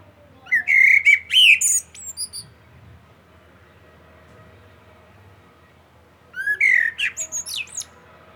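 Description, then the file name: Common blackbird song: a melodious whistled phrase ending in twitters, then silence for several seconds before a second similar phrase. "Turdus merula"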